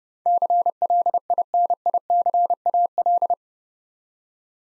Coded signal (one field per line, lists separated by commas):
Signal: Morse code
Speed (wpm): 28 wpm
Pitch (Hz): 700 Hz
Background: none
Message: CLINICAL